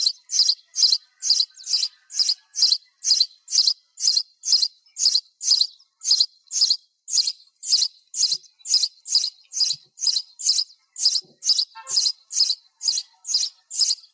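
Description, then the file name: Sparrow chirps, short bright notes repeated steadily about twice a second throughout, with little else audible. Sparrow calling the flock together. "tieng se goi bay"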